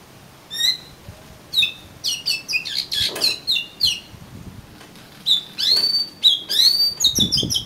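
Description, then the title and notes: Oriental magpie-robin song, a lively varied run of sweet whistles, sliding slurs and sharp chips, phrases tumbling quickly one after another with brief pauses. "suara kacer. kumpulan suara burung kacer"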